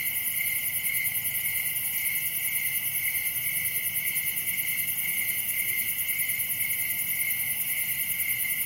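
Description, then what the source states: Many crickets trill together, a steady, shimmering wall of high pulsed chirps that never breaks. Crickets, recorded at night in summer in a wooded area of Dell Creek State Wildlife Area.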